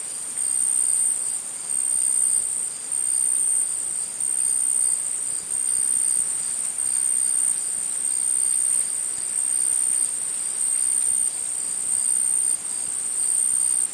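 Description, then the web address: Insect chorus: a steady, very high shrill trill, pulsing in regular bursts over a soft hiss of background noise. Tropical insects in forest and jungle. "Tom Hutchings Insects Tropical"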